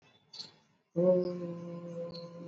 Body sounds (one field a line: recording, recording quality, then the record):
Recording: sustained vowel as in boot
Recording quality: moderate, slight background noise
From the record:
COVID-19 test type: RT-PCR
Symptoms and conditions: cough, cold, fever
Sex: male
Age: 27 years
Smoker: no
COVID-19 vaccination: both doses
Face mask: worn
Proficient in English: yes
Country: India